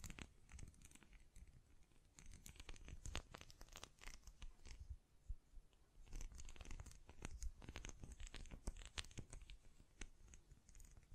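Hand sounds against a microphone: dense, irregular taps and scratchy brushing strokes, with soft rustling and crinkling and a low thumping rumble underneath. The activity continues throughout, easing briefly around the five-second mark before picking up again with sharper taps.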